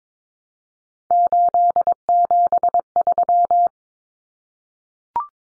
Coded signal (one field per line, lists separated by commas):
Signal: Morse code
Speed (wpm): 22 wpm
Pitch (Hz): 700 Hz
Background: none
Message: 873